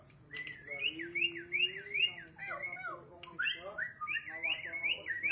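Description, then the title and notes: Starling whistling, a run of sharp up-and-down whistled notes in quick succession, with a low sliding whistle and faint chatter. "suara burung jalak"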